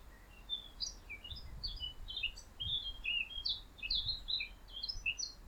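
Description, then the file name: Eurasian blackcap singing a rapid, varied warble of short high chirps and twittering notes, running almost continuously, over a low rumbling background. "Sylvia atricapilla"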